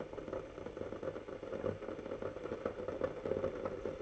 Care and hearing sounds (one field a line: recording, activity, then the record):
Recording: daily activity, microphone in the room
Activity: make coffee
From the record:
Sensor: 4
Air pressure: 1008.2 hPa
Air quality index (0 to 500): 118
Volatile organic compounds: 1 ppm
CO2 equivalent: 863 ppm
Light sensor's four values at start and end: 11/24/10/10 and 11/24/10/10